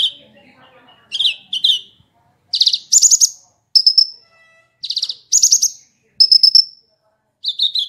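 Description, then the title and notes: Horsfield's bush lark song: bursts of high, rapid trilled notes and buzzy chirps separated by short pauses, with faint lower chattering at the start. "Kicau Burung Branjangan"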